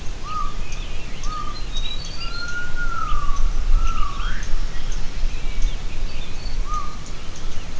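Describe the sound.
Gibbon call: clear whistled notes, a few short level notes and longer glides, one rising sharply, over steady background noise with faint high chirps.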